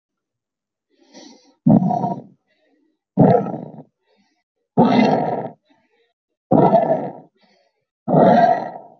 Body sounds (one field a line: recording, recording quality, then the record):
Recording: shallow breathing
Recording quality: moderate, slight background noise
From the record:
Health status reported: healthy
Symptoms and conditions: none ticked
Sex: female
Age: 22 years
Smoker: not ticked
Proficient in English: yes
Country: India